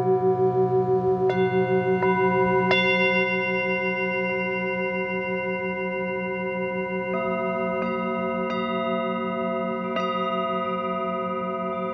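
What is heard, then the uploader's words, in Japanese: Singing bowls ring with long, sustained tones that hang in the air, a low pulsing hum wavering underneath. Fresh bright strikes land every second or two, around 1, 2.7, 7, 8, 8.5 and 10 seconds, each layering a new shimmering tone over the fading ones. 満月のメキシカンカリブのビーチから月との共振。シンギングボウル。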